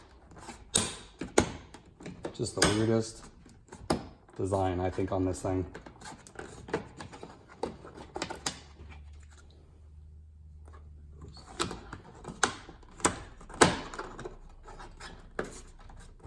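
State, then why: Not seated. On a 2018-2022 Honda Accord, the turn signal light housing clip is hooked into the vehicle body panel and pushed down and toward the light over several tries that fail to lock, with sharp knocks and rattling taps while someone talks. Nothing has seated or clicked yet.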